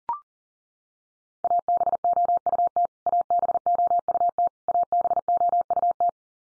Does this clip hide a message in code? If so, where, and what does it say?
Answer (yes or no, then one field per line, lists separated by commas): yes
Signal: Morse code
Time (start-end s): 1.4-6.1 s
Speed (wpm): 40 wpm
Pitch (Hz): 700 Hz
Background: none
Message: ABOUT ABOUT ABOUT